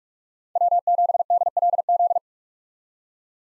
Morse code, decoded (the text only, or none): W7DLZ